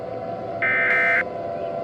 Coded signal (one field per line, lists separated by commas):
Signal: Emergency Alert System (SAME) tones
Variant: end-of-message bursts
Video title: every tv EAS alerts in labor day credit to @kev996